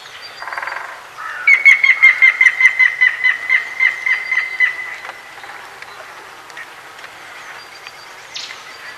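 White-tailed eagle giving a rapid series of many sharp yelping notes.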